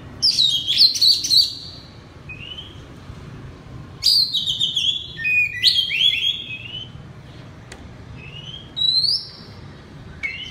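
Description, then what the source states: Oriental magpie-robin singing varied loud phrases of sweet whistles, slurred notes and brief scratchy bursts, separated by short gaps, over faint low background hum. Loud, open, clear 'ngeplong' song style.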